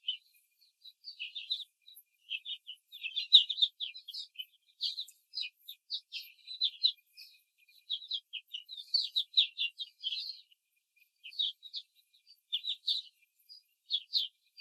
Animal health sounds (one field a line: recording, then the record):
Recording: young laying hens in a cage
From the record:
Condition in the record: control cage, before the stress test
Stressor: none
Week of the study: 4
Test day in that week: 1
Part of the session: 3